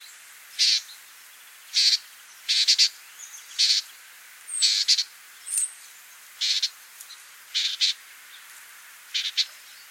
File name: Thryomanes bewickii - Bewick's Wren